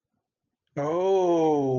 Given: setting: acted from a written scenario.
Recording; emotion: vocal sound without words; adoration